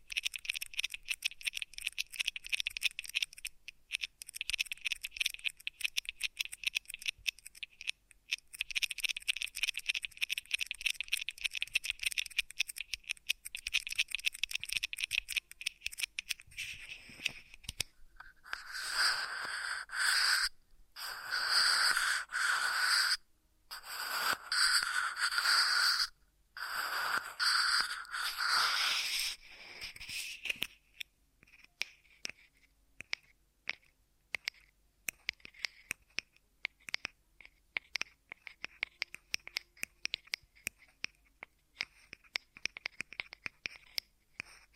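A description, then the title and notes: Ear massage triggers: dense, crackly rubbing and scratching that runs almost continuously for the first seventeen seconds. From about 18 to 30 seconds, slower, brighter swishing strokes come in short bursts with brief gaps. After that, sparse soft taps and rustles trail off. Ear Massage Triggers.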